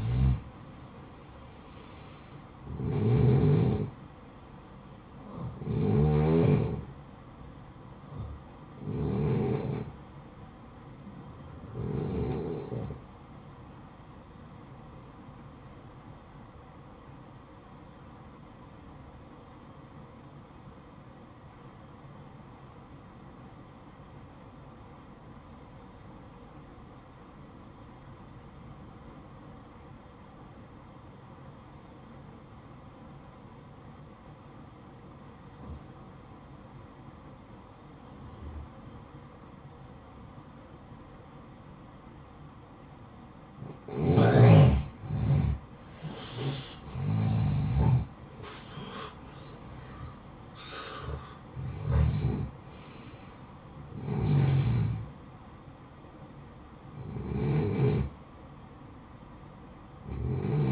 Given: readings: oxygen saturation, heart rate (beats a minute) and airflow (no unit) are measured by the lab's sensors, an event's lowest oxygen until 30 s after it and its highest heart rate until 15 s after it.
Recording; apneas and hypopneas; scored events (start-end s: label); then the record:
breathing in sleep by a smartphone at the bedside; 1
16.00-44.10 s: obstructive apnea (N1, oxygen 94% highest, then 86% lowest, heart rate 57 at the start, 75 highest)
30.00-60.72 s: new sleep stage, N2 (light sleep)
From the record:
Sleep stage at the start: N1 (lightest sleep); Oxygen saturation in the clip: 88 to 94%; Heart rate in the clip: 54 to 75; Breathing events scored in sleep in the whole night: 573 in 9.8 hours asleep